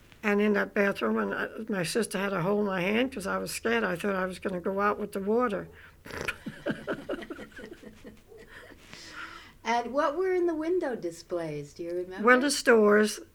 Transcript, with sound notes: And in that bathroom, my sister had to hold my hand because I was scarred. I thought I was going to go out with the water. (They laugh.)
And what were in the window displays, do you remember?
Well, the stores.